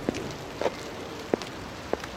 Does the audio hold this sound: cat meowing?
no